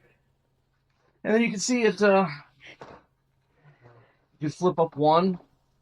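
A person handles the flip-up side panel of a Worx Pegasus Portable Work Table's folding table top, getting ready to flip it up so it locks into place, while someone talks. A brief faint sound occurs at about 2.8 s. Nothing has seated or clicked yet; the clip ends before the side locks.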